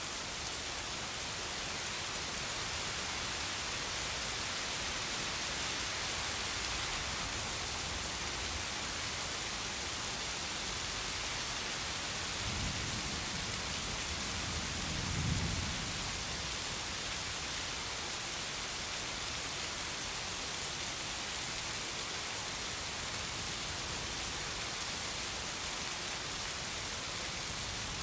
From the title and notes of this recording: Thunderstorm sounds, thunder sounds, rain sounds. Stormy weather sounds, peaceful rain noises.